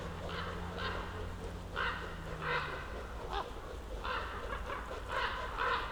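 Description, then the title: Common raven calls, several harsh croaks, with a low hum in the first half. Ravens circling above a mountain slope for over ten minutes at Patnik mountain side, Goworów, Poland, on a New Year's walk; recordist crouched among young beeches; Zoom F4, AT BP4025. "Patnik mountain side, Goworów, Poland - Circling ravens"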